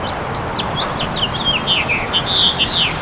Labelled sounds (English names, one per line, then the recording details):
House Finch song
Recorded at Bay Shore on Long Island, New York, on 29 May 2013
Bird E